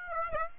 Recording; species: mosquito wingbeat signal from an infrared sensor; Aedes aegypti